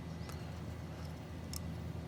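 A small plastic gearing part is pressed into the side of a plastic Takom Panther A scale model tank hull. After a brief resistance and a faint earlier tick, it pops into place with a short, sharp click at 1.6 s, over a low steady background hum. The part is seated.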